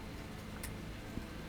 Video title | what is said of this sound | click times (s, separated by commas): Unboxing the Brightest Rock Lights on the Market: Diode Dynamics Stage Series 8 Light Installer Kit | all clicks into place | 0.6 s